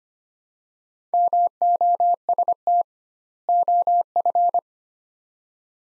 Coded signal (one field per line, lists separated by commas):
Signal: Morse code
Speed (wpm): 25 wpm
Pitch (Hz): 700 Hz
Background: none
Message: MOST OF